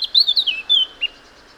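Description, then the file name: Eurasian blackcap gives a brief phrase of clear, whistled, descending notes, ending with one short lower note. "Sylvia atricapilla"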